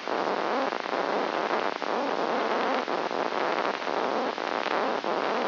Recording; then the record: brain microelectrode recording played as sound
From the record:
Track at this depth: inside the subthalamic nucleus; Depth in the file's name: 3.431 mm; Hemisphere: left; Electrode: 3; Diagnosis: Parkinson's disease